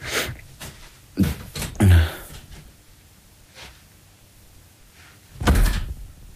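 A door swings shut with a couple of solid thuds and a rattle, followed by quieter shuffling and another heavy knock near the end; no one speaks.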